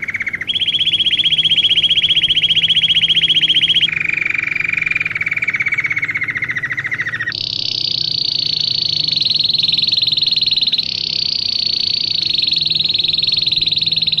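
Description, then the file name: Belgian canary song of smooth rolling trills, shifting from a mid-pitched tour to a lower descending roll, then to long high rapid trills. Plain-headed (non-crested) Belgian canary, described as Australian. "canto do canario belga cabeca lisa australiana"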